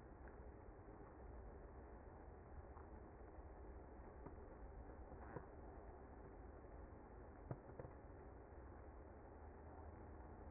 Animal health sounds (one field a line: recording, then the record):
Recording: honeybee colony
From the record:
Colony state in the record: active